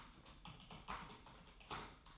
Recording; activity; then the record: daily activity, microphone in the room; typing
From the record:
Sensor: 1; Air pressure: 1007.6 hPa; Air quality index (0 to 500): 79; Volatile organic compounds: 1 ppm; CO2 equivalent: 685 ppm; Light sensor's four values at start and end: 10/25/10/11 and 10/25/10/11